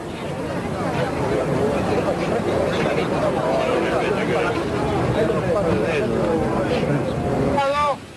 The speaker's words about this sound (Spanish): Bueno, y ahí escuchamos las voces, los gritos, las demandas de una marcha de jubilados que, bueno, no es la del miércoles, ¿no?